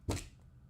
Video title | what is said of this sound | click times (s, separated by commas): Franken-lightning Detector Setup & Test - Live Build Show | so when you open it you might hear it click | 0.1 s